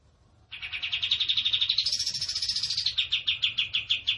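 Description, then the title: Tembakan bird song: a rapid rattling trill that rises slightly in pitch, then slows into more spaced chirps toward the end. Captive cage bird singing in the lively, chatty 'gacor' style; master song for training cage birds. "Masteran Burung Tembakan Gacor"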